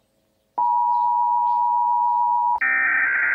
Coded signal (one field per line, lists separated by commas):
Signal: Emergency Alert System (SAME) tones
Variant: 853 and 960 Hz attention tone